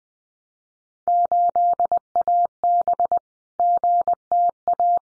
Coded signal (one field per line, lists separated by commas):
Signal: Morse code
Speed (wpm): 19 wpm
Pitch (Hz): 700 Hz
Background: none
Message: 8AB GTA